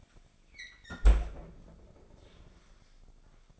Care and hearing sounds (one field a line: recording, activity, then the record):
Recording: daily activity, microphone in the room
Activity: close fridge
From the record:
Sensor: 5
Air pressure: 995.4 hPa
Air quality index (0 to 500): 98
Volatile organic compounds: 6 ppm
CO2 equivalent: 1868 ppm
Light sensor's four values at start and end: 38/90/36/37 and 35/83/34/34